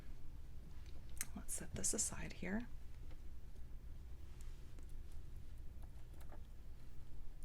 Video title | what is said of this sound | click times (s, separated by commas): Unboxing and Tutorial for Wendy's Safari - SAM'S BEAD BOX - September 2025 | And then you just close it until you hear it click. | 1.2 s